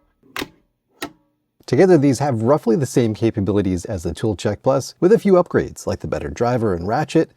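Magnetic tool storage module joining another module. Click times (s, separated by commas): 0.4 s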